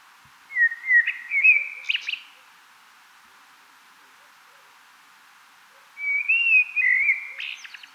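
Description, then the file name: Common blackbird song: two fluted, mellow whistled phrases separated by a pause of a few seconds, each ending in a thin, high squeaky twitter. "Turdus merula"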